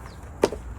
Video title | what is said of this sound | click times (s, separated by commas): Side Mirror Blinking Arrow Indicators Installed on a 2023 Chrysler Pacifica | She snapped in nice. | 0.4 s